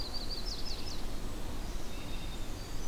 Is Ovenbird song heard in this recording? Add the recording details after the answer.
no. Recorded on 25 June 2016 at 08:46. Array SBT-6-76